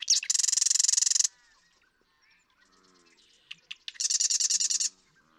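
Marsh Wren singing two rapid, mechanical rattles, the second opened by a few sharp clicks, with faint low notes in the pause between the trills.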